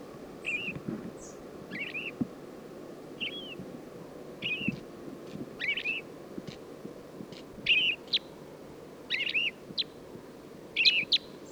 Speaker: Sounds like a purple finch up there with her.